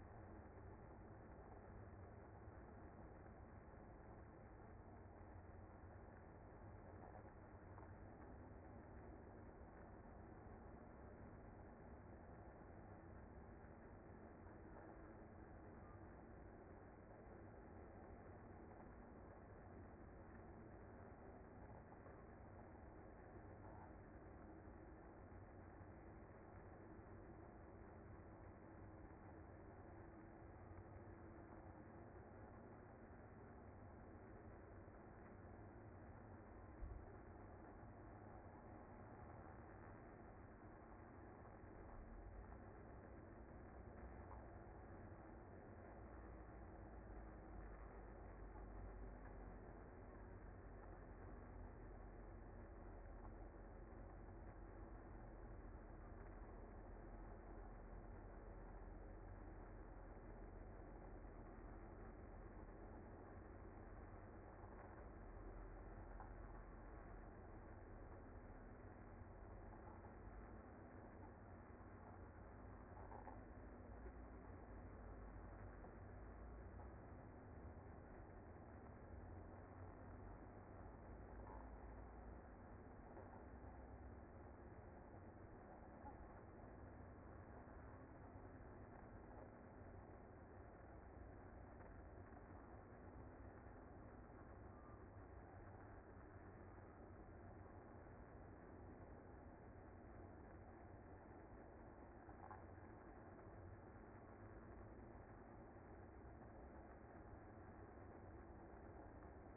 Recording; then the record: honeybee colony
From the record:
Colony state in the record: active